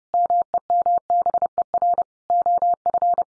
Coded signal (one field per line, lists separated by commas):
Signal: Morse code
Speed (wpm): 30 wpm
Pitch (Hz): 700 Hz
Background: none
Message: MEMBER OF